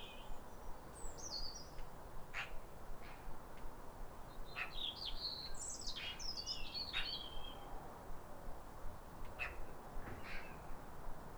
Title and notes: Sound Escape 150: Be uplifted by a chorus of New Year's robins. A pair of robins in neighbouring gardens welcome the early sun with wistful phrases as if chatting over the fence. Recorded by Fergus Collins. BBC Countryfile Magazine